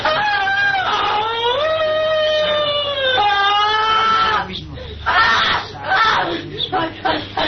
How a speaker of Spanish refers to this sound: con la Iglesia Católica, con los rezos del cura, con las imprecaciones del sacerdote, con los rezos de las otras personas que ayudaban y los gritos de esa muchacha.